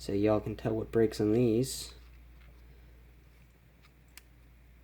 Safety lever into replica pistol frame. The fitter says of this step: it goes now it locks so it looks like we just have to tighten up that little tiny not